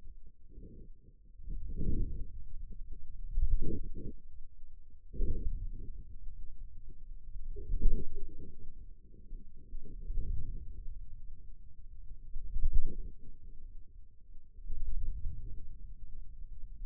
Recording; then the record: forearm muscle sounds (acoustic myography)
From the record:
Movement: wrist flexion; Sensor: system 2, bracelet of six BSWA MPA416 microphones around the upper forearm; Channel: 3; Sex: male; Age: 22 years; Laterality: right